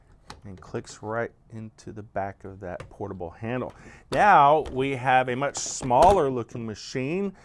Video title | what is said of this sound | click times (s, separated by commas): Kirby Upright Walkthrough | the bag system folds over forward and clicks | 0.3 s